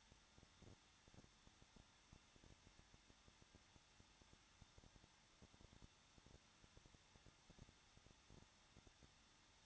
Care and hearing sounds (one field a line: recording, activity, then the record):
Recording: daily activity, microphone in the room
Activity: no activity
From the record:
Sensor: 3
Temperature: 21.2 degrees Celsius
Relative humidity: 36.4%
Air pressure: 1006.3 hPa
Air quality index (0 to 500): 223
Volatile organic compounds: 44 ppm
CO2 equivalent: 3206 ppm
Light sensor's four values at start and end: 2/3/2/2 and 2/3/2/2